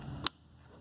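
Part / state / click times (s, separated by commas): fuse carrier into car fuse box / seated / 0.3 s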